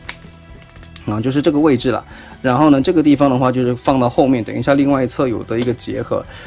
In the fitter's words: 你看到没有？这里就刚好就有一个卡扣可以扣上去啊，就这挨过来，然后就是这个位置了。